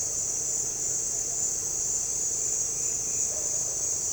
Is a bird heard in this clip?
no